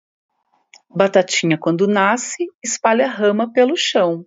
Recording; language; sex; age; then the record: short text; Brazilian Portuguese; female; 50 to 59 years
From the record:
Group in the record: control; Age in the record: 50 years